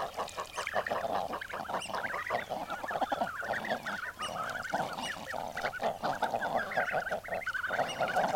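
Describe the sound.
Common eider flock calling, a dense overlapping chorus of nasal, honking and cooing notes that continues without pause, with a few higher sharp calls above.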